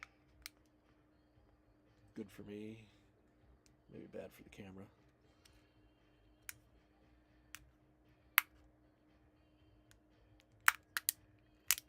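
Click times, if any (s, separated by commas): 8.4 s, 10.7 s, 11.1 s, 11.7 s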